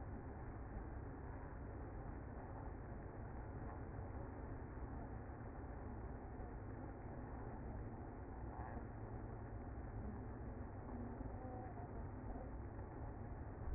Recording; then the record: honeybee colony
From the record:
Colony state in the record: active